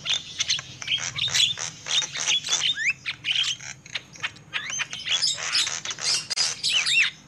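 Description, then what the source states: Lovebird calls, a dense run of shrill chirps and squeaky rising whistles with harsh chatter, high-pitched and continuous throughout. Lovebird calls used as a lure for trapping birds.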